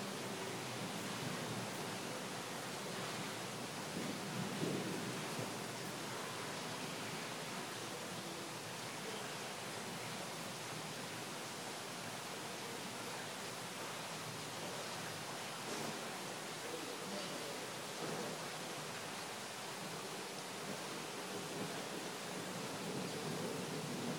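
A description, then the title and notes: Rain falls in Berlin as a steady, dense hiss that holds an even level across the whole stretch, rich in bright tones and thin in the low end. Faint individual spatters and brief soft flickers rise here and there, around five and sixteen seconds. Rain at Berlin.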